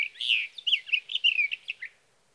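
Sage thrasher song: a fast, jumbled burst of rich, warbled notes and slurs, stopping abruptly near the end.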